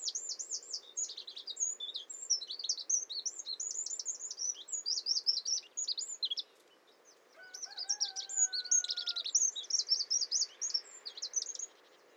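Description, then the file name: Eurasian wren singing a long, rapid, high-pitched outpouring of trills and twitters, briefly pausing midway, then resuming its rattling song while a lower whistled tone sounds. "Troglodytes troglodytes"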